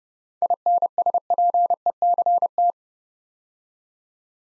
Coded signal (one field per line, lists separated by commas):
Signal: Morse code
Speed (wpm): 28 wpm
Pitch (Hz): 700 Hz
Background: none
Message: INSPECT